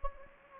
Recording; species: mosquito wingbeat signal from an infrared sensor; Anopheles gambiae